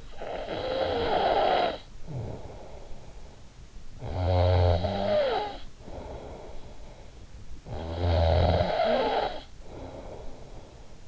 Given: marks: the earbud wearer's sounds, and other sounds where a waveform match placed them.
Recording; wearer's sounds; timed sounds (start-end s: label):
sounds in sleep by an in-ear microphone; snoring breath
0.00-3.59 s: snoring breath
3.71-7.28 s: snoring breath
7.48-11.08 s: snoring breath